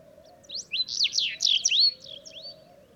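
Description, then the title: Sahara bunting delivering one lively phrase of fast, slurred up-and-down whistles, ending in a clear rising note. Several Sahara buntings singing unseen among heaps of stones in the ruins of old Wadan, Mauritania, just after sunrise on 23 February 2019; made with Tlp7 and Mixpre3. "Bruant du Sahara - Mauritanie"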